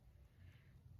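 A plastic clip on a dog harness is handled as it is brought together on the dog, with only a low, steady rumble and faint background noise heard. Nothing has seated or clicked yet.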